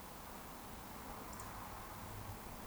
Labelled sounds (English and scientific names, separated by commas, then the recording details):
Eurasian Woodcock (Scolopax rusticola) whistle
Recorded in Baden-Württemberg, Germany, on 13 June 2020 at 20:35 UTC
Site 14569, 102 m above sea level